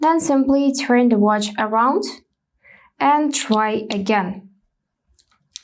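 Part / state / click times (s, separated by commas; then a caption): magnetic charging puck onto the back of a smartwatch / seated / 5.6 s. Someone talks, then after a brief pause a round magnetic charging disc with four pins, turned around after a first attempt that did not lock, is placed on the back of a Google Pixel Watch 3 smartwatch. A couple of faint ticks come first, then a sharp click at 5.6 s as the charger snaps into place and seats.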